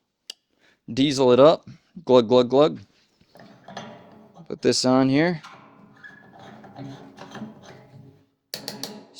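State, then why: Torque reached. Someone talks while a ratcheting filler cap is screwed onto the fill neck of a newly mounted diesel heater fuel tank in a 1968 VW Bus. The cap is turned down until it ratchets three times, with sharp clicks at 8.5, 8.7 and 8.8 seconds, and it ends tightened.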